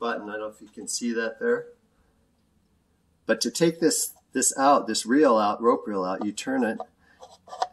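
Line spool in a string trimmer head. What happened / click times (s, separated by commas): The trimmer spool clicks free / 7.6 s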